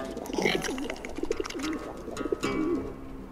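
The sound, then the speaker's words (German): A voice imitates pigeon cooing: a run of low, warbling, throaty coos, rising and falling in short repeated phrases over a steady background hiss. “Ahme ihr Gurren nach.”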